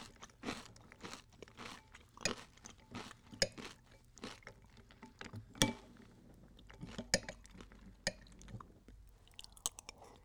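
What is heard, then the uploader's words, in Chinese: Cereal being eaten, with sharp, bright crunches arriving roughly every half second, sometimes faster, over soft chewing between bites. 吃麥片｜Eating Cereal。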